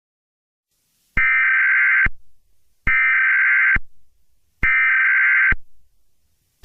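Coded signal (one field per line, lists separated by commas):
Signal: Emergency Alert System (SAME) tones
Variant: header bursts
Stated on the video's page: Fictional alert scenario.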